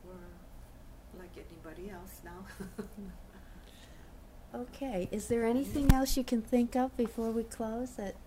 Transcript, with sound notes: We're like anybody else now (she laughs)
Okay, is there anything else you can think of before we close that--?